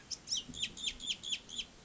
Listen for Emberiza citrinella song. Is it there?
no